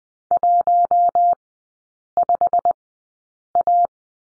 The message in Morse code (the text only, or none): 15A